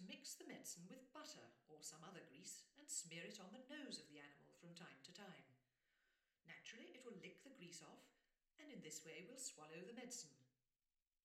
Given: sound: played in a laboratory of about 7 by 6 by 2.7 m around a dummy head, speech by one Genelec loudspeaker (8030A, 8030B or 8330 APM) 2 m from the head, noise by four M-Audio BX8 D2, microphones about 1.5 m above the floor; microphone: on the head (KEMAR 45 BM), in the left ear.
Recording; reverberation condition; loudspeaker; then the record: female speech in English; medium; 30 degrees to the left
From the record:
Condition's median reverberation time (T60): about 510 ms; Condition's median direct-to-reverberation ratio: about -0.5 dB